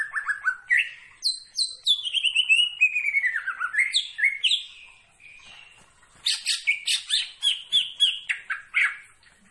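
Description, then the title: Greater green leafbird song: energetic medley of sliding whistles and a long descending series of notes, a brief pause, then more rapid chatter. Singing actively, described with the Indonesian term gacor. "Cucak Ijo Gacor"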